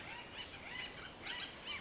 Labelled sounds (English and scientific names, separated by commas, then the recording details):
Bullock's Oriole (Icterus bullockii)
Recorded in Sonoma County, California